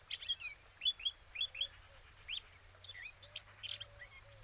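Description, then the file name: Eurasian blackcap song: quick sequence of high chirps and short slurred whistles in a loose, uneven rhythm. "Sylvia atricapilla"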